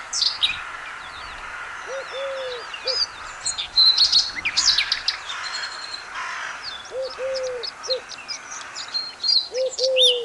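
Birds sing and chirp continuously, a dense chorus of high, quick twitters and whistles layered over each other throughout. A lower, soft hooting call repeats in short sets of three near the start, around eight seconds, and again at the end.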